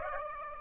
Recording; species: mosquito wingbeat signal from an infrared sensor; Aedes aegypti